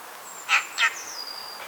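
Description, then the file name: Eurasian magpie giving two harsh, rasping notes in quick succession, with a thin high tone running behind. "Pica pica"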